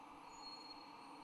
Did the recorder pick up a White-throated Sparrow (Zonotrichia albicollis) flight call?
no